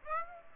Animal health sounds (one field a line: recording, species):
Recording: mosquito wingbeat signal from an infrared sensor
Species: Aedes aegypti